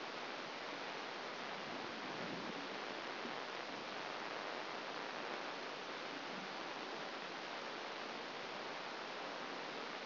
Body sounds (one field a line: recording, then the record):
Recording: brain microelectrode recording played as sound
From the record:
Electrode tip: outside the subthalamic nucleus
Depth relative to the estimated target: 3 mm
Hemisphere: right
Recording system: AlphaMap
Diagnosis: Parkinson's disease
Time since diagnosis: 11 years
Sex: female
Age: 60 years